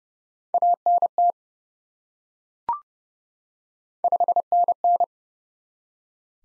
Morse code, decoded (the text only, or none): ANT 5NN